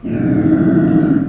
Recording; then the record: squeal of a Yucatan mini pig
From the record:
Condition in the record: after surgery on the right vocal fold (resection and tissue-engineered implant); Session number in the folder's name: 3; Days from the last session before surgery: 21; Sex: female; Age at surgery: 19 weeks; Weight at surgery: 25 kg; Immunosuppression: prednisolone